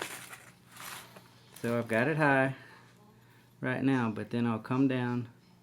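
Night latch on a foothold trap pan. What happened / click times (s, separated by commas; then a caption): Handled, not yet home: the trap pan is being set but the latch has not clicked in / none. Someone talks while handling a Bridger steel foothold trap, with its pan set high before being lowered toward the night latch, and faint handling noises are heard between the words. The clip ends before the night latch catches, so nothing has clicked or seated yet.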